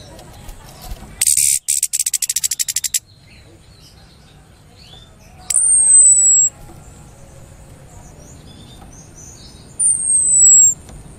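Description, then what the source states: Orange-headed thrush gives a fast, dry rattling burst of clicks lasting under two seconds, then two separate thin high descending whistles; light background noise. Cip and brebetan call types.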